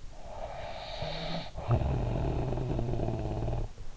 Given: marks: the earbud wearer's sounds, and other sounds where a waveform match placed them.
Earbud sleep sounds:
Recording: sounds in sleep by an in-ear microphone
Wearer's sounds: snoring breath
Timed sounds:
0.15-3.79 s: snoring breath

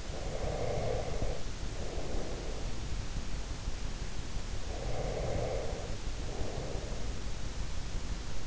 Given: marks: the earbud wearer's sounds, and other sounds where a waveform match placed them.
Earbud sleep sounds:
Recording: sounds in sleep by an in-ear microphone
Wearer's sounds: breath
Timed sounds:
0.00-3.29 s: breath
4.58-7.37 s: breath

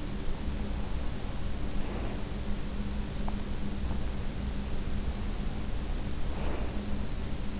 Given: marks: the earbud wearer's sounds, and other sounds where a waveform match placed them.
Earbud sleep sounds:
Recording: sounds in sleep by an in-ear microphone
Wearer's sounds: breath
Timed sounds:
1.72-2.94 s: breath
2.94-4.30 s: sound from someone else or the room
6.08-6.82 s: breath

